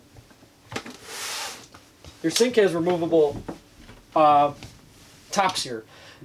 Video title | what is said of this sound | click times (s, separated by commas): 2012 Holiday Rambler Ambassador 36PFT Class A Motorhome New Owner Orientation/ Full Demonstration | this is a pull out extension countertop and that will just click into place | 0.8 s